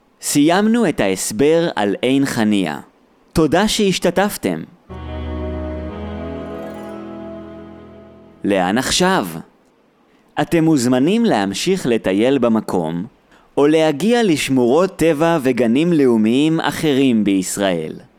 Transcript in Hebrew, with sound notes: סיימנו את ההסבר על עין חניה. תודה שהשתתפתם. [אפקט צלצול נעים של פעמון] לאן עכשיו? אתם מוזמנים להמשיך לטייל במקום, או להגיע לשמורות טבע וגנים לאומיים אחרים בישראל.